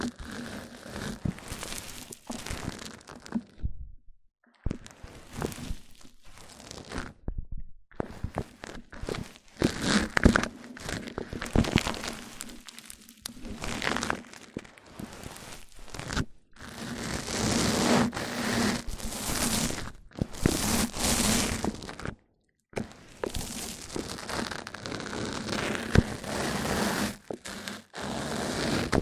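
Mic-on-mic triggers: dense rubbing and crinkly scratching that comes in bursts, with a low, steady hum running beneath. Short silent gaps break it up around 4, 7, 15 and 22 seconds, and the brightest, fullest scraping stretches run from about 17 to 21 seconds.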